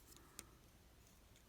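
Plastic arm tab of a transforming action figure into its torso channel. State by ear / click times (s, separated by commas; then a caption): seated / 0.2 s, 0.4 s. The second plastic arm of a Transformers Earthspark Deluxe Class Terran Twitch figure is swung in on its hinge so its small tab sits in a channel in the torso. A faint tick is heard at 0.2 s and a sharper, brief tick at 0.4 s, with quiet background otherwise. The tab doesn't truly click but rests in the channel and holds well.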